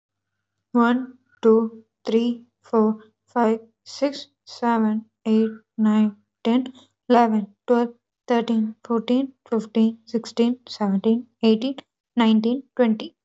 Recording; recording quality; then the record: counting at a normal pace; excellent, no background noise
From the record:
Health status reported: recovered from COVID-19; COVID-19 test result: positive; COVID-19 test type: RT-PCR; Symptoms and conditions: cough, fever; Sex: female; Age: 25 years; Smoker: no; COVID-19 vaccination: both doses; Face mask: worn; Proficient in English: yes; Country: India